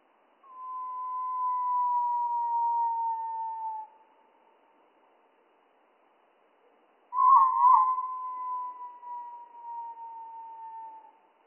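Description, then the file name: Spotted flycatcher song, low and stretched: a long smooth falling whistle, a pause of three seconds, then a warbled flutter fading into a trailing tone. Slowed down by three octaves; mono recording. "GOBE MOUCHE GRIS"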